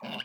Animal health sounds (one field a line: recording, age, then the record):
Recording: pig call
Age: piglet (1 to 25 days)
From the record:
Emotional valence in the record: negative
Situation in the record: long isolation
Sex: male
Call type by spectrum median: low-frequency call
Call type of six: mixed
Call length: 0.25 s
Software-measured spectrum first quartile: 542 Hz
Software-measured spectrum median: 1679 Hz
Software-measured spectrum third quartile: 2932 Hz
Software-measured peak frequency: 218 Hz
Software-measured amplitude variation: 176 dB a second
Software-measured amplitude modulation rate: 14.0 a second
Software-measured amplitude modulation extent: 12.6 dB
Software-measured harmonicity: 2.1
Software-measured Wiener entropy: -1.66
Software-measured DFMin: 750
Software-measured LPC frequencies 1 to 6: 679, 1546, 2883, 3590, 4657, 7534 Hz